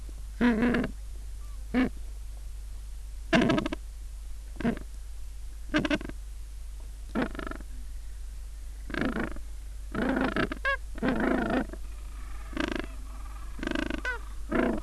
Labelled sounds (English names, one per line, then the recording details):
Gentoo Penguin
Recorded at the colony at Booth Island, Antarctica, on 21 December 2014
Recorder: Song Meter SM2+